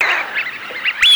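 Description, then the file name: Eurasian wigeon whistles, several short wavering notes followed by a louder, drawn-out whistle that falls in pitch at the end. Recorded in Russia. "Свиязь Fischione"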